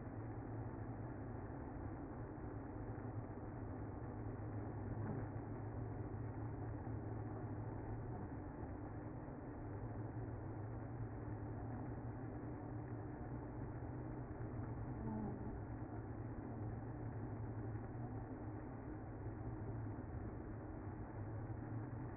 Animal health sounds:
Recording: honeybee colony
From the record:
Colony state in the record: active

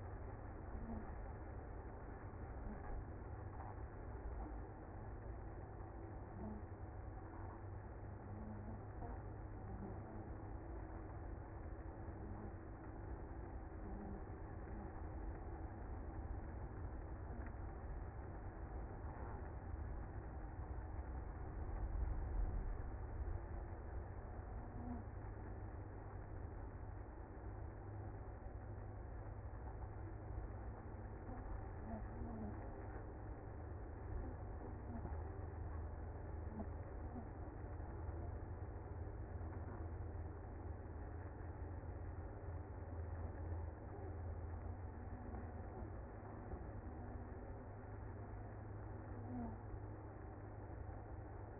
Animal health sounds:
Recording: honeybee colony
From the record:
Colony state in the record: active

